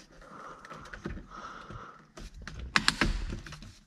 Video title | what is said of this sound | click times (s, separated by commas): Audi A3 flat bottom steering wheel install | Okay, steering wheel's clicked in place. | 2.8 s, 2.9 s